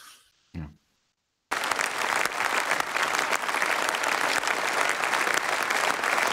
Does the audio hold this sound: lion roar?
no